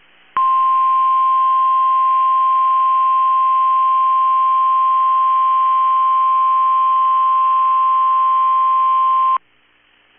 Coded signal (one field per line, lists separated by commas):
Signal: Emergency Alert System (SAME) tones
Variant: 1050 Hz attention tone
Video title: 5/18/22 - KEC65 Required Weekly Test (EAS #477)